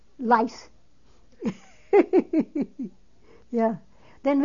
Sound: she laughs

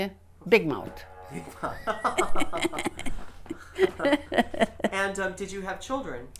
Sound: they laugh

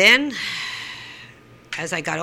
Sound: sighs

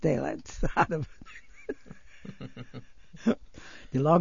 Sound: they laugh

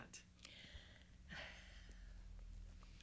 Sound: Polish; she sighs

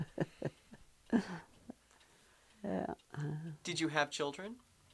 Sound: laughs

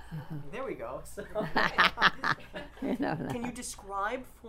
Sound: laughs

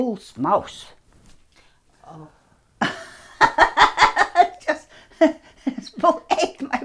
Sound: she's laughing heartily

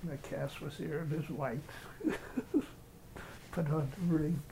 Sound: laughs

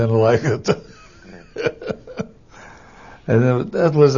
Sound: he laughs

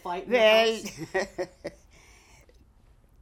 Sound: she laughs

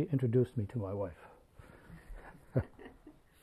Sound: laughs

